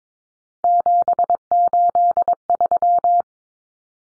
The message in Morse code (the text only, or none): 783